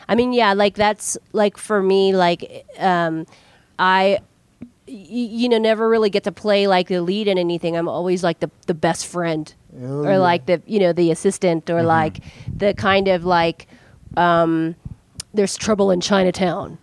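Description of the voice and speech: An adult woman speaks fluently and casually, with frequent fillers such as "like" and "um" and several pauses; ordinary conversational speech.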